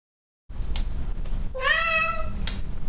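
Cat meowing once, a single drawn-out mew with rich harmonics after a brief pause, over low background rumble.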